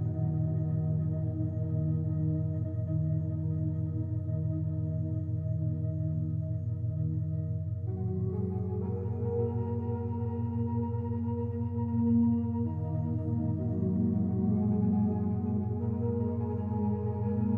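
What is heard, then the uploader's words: A binaural beat tone hums steadily low with a soft pulsing throb, while brighter bell-like overtones shift in around eight and thirteen seconds. 12 HOURS (Binaural Beat Beta) 14-30 Hz.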